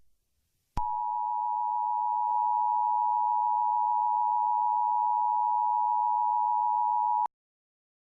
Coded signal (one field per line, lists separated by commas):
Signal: Emergency Alert System (SAME) tones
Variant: 853 and 960 Hz attention tone